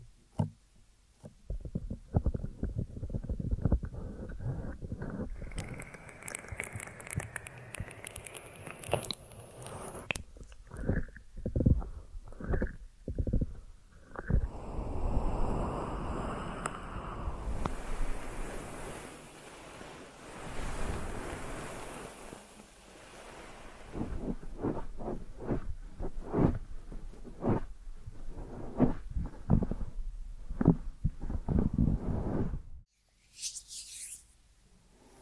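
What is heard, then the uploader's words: Deep ear massage sounds: soft rubbing and muffled thumps press against the microphone in uneven bursts, with low rumbling swells like surf. Brighter hissing scrapes rise around the middle, quick tapping pulses follow, and the sound cuts out abruptly near the end. ASMR Deep Ear Massage for Sleep(No Talking).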